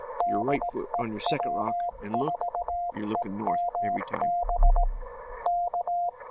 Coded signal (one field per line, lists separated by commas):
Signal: Morse code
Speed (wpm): 18 wpm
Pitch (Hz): 700 Hz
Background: speech, radio noise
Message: DE W4EMB K